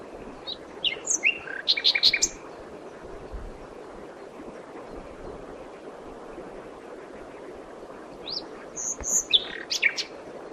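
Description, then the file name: Common nightingale song in two bursts of varied high chirps and clicks, several seconds apart, over soft steady background noise. "Luscinia megarhynchos"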